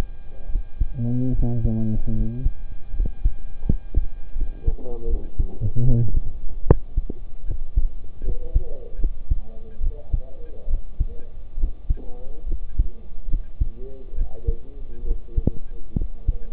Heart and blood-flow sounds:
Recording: heart sounds by stethoscope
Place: between the tricuspid and mitral areas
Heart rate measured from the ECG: 74 bpm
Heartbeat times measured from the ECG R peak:
0.49 s: heartbeat
1.33 s: heartbeat
2.14 s: heartbeat
2.94 s: heartbeat
3.65 s: heartbeat
4.36 s: heartbeat
5.08 s: heartbeat
5.85 s: heartbeat
6.66 s: heartbeat
7.46 s: heartbeat
8.24 s: heartbeat
8.99 s: heartbeat
9.81 s: heartbeat
10.68 s: heartbeat
11.58 s: heartbeat
12.47 s: heartbeat
13.28 s: heartbeat
14.15 s: heartbeat
15.05 s: heartbeat
15.96 s: heartbeat
From the record:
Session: rest, sitting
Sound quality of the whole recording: good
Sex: male

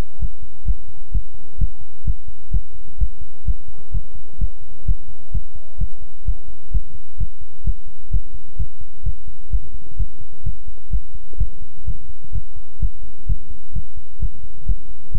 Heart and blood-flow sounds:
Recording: heart sounds by stethoscope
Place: between the tricuspid and mitral areas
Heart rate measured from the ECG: 129 bpm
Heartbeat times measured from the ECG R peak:
0.19 s: heartbeat
0.65 s: heartbeat
1.12 s: heartbeat
1.58 s: heartbeat
2.05 s: heartbeat
2.51 s: heartbeat
2.98 s: heartbeat
3.45 s: heartbeat
3.91 s: heartbeat
4.38 s: heartbeat
4.85 s: heartbeat
5.32 s: heartbeat
5.78 s: heartbeat
6.25 s: heartbeat
6.71 s: heartbeat
7.18 s: heartbeat
7.64 s: heartbeat
8.11 s: heartbeat
8.57 s: heartbeat
9.03 s: heartbeat
9.50 s: heartbeat
9.97 s: heartbeat
10.44 s: heartbeat
10.91 s: heartbeat
11.38 s: heartbeat
11.85 s: heartbeat
12.32 s: heartbeat
12.80 s: heartbeat
13.27 s: heartbeat
13.73 s: heartbeat
14.20 s: heartbeat
14.66 s: heartbeat
15.12 s: heartbeat
From the record:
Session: pedaling a stationary bicycle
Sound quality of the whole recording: good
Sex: male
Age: 24 years

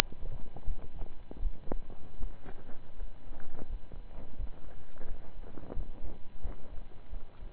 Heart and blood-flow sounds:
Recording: heart sounds by stethoscope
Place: between the tricuspid and mitral areas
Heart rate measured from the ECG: 84 bpm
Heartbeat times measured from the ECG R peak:
0.65 s: heartbeat
1.39 s: heartbeat
2.17 s: heartbeat
2.95 s: heartbeat
3.66 s: heartbeat
4.36 s: heartbeat
5.05 s: heartbeat
5.73 s: heartbeat
6.41 s: heartbeat
7.09 s: heartbeat
From the record:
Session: slow and fast walking with breaks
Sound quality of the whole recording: saturated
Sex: male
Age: 25 years

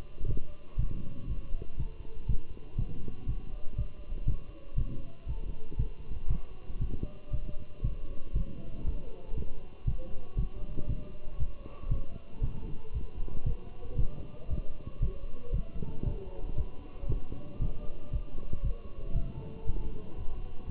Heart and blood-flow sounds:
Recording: heart sounds by stethoscope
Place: between the tricuspid and mitral areas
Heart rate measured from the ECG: 118 bpm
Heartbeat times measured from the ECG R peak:
0.28 s: heartbeat
0.79 s: heartbeat
1.29 s: heartbeat
1.79 s: heartbeat
2.29 s: heartbeat
2.79 s: heartbeat
3.28 s: heartbeat
3.78 s: heartbeat
4.28 s: heartbeat
4.78 s: heartbeat
5.28 s: heartbeat
5.79 s: heartbeat
6.30 s: heartbeat
6.81 s: heartbeat
7.33 s: heartbeat
7.84 s: heartbeat
8.35 s: heartbeat
8.86 s: heartbeat
9.37 s: heartbeat
9.87 s: heartbeat
10.38 s: heartbeat
10.89 s: heartbeat
11.40 s: heartbeat
11.91 s: heartbeat
12.43 s: heartbeat
12.94 s: heartbeat
13.46 s: heartbeat
13.99 s: heartbeat
14.50 s: heartbeat
15.02 s: heartbeat
15.54 s: heartbeat
16.06 s: heartbeat
16.58 s: heartbeat
17.09 s: heartbeat
17.61 s: heartbeat
18.13 s: heartbeat
18.64 s: heartbeat
19.16 s: heartbeat
19.67 s: heartbeat
20.18 s: heartbeat
20.69 s: heartbeat
From the record:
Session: walking at 3.7 km/h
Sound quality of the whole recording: good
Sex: male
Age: 27 years

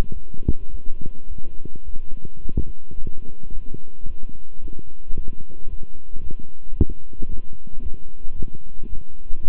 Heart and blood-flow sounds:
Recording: heart sounds by stethoscope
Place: between the tricuspid and mitral areas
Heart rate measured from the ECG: 110 bpm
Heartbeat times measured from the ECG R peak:
0.11 s: heartbeat
0.69 s: heartbeat
1.26 s: heartbeat
1.83 s: heartbeat
2.39 s: heartbeat
2.95 s: heartbeat
3.50 s: heartbeat
4.05 s: heartbeat
4.59 s: heartbeat
5.14 s: heartbeat
5.67 s: heartbeat
6.21 s: heartbeat
6.75 s: heartbeat
7.28 s: heartbeat
7.81 s: heartbeat
8.34 s: heartbeat
8.87 s: heartbeat
9.41 s: heartbeat
From the record:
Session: walking at 3.7 km/h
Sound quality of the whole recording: good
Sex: male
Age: 26 years

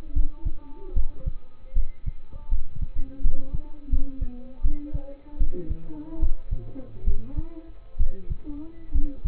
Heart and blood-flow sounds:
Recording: heart sounds by stethoscope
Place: between the tricuspid and mitral areas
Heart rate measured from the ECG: 75 bpm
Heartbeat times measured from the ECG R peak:
0.13 s: heartbeat
0.94 s: heartbeat
1.74 s: heartbeat
2.49 s: heartbeat
3.22 s: heartbeat
3.90 s: heartbeat
4.62 s: heartbeat
5.38 s: heartbeat
6.20 s: heartbeat
7.05 s: heartbeat
7.97 s: heartbeat
8.92 s: heartbeat
From the record:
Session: rest, lying down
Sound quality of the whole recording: partially saturated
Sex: male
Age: 27 years

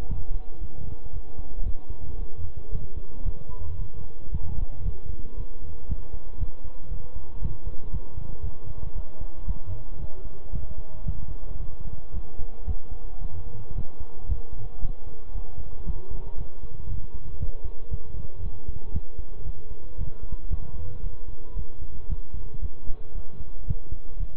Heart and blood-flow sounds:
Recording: heart sounds by stethoscope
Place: between the tricuspid and mitral areas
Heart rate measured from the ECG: 114 bpm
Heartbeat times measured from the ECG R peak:
0.09 s: heartbeat
0.61 s: heartbeat
1.13 s: heartbeat
1.66 s: heartbeat
2.19 s: heartbeat
2.72 s: heartbeat
3.25 s: heartbeat
3.79 s: heartbeat
4.32 s: heartbeat
4.85 s: heartbeat
5.37 s: heartbeat
5.89 s: heartbeat
6.40 s: heartbeat
6.91 s: heartbeat
7.42 s: heartbeat
7.93 s: heartbeat
8.44 s: heartbeat
8.96 s: heartbeat
9.47 s: heartbeat
10.00 s: heartbeat
10.53 s: heartbeat
11.06 s: heartbeat
11.60 s: heartbeat
12.14 s: heartbeat
12.67 s: heartbeat
13.21 s: heartbeat
13.75 s: heartbeat
14.29 s: heartbeat
14.82 s: heartbeat
15.35 s: heartbeat
15.87 s: heartbeat
16.38 s: heartbeat
16.89 s: heartbeat
17.40 s: heartbeat
17.91 s: heartbeat
18.43 s: heartbeat
18.94 s: heartbeat
19.46 s: heartbeat
19.98 s: heartbeat
20.51 s: heartbeat
21.03 s: heartbeat
21.56 s: heartbeat
22.09 s: heartbeat
22.62 s: heartbeat
23.15 s: heartbeat
23.68 s: heartbeat
24.20 s: heartbeat
From the record:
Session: bicycle stress test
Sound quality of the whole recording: good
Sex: male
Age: 23 years

